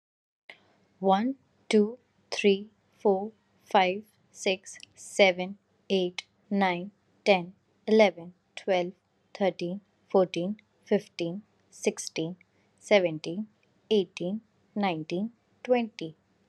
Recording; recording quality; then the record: counting at a normal pace; excellent, no background noise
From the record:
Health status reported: COVID-19 positive, mild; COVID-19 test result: positive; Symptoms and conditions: fatigue, muscle pain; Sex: female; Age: 25 years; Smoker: not ticked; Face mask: not worn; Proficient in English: yes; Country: India